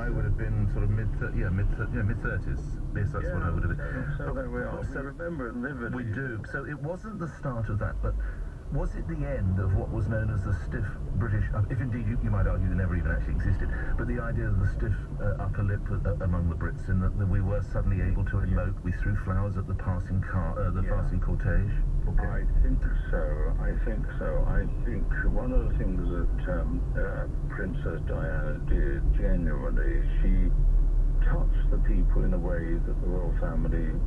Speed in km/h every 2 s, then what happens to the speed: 27, 19, 6, 0, 0, 16, 18, 21, 21, 19, 19, 23, 27, 27, 27, 27, 29.
0-5 brakes to 0. 5-8 standing. 8-13 pulls away to 21. 13-20 steady at about 19. 20-24 speeds up to 27. 24-34 steady at about 27.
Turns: none.